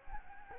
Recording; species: mosquito wingbeat signal from an infrared sensor; Anopheles gambiae